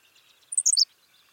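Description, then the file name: Henslow's sparrow sings one quick, thin, hiccup-like phrase of a few high squeaky notes, over faint background chatter. "Ammodramus henslowii - Henslow's Sparrow"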